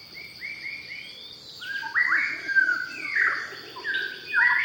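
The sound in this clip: White-rumped shama song: rich, varied whistled phrases, some sliding and some flat, delivered in quick succession over a constant high-pitched insect hum.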